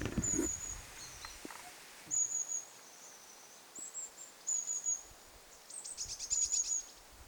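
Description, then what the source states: Long-tailed tit calls: very high, thin see-see notes in short runs, with a brief buzzy trill near the end, over steady background hiss. Recorded 11 September 2026.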